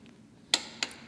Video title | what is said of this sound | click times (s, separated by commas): Yamaha XSR 900 / MT 09: How to make an oil change / Tutorial | there you hear the click so that's enough | 0.5 s